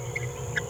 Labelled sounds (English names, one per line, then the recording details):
Green-rumped Parrotlet babbling
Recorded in a nest box in Venezuela
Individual 18B17A3